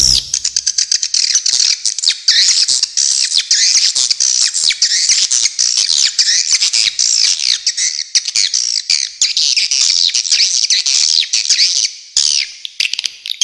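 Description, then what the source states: Swiftlets chirping in a dense, nearly continuous high twitter, rapid warbled notes and clicks overlapping throughout with hardly a gap. Clean, clear calls.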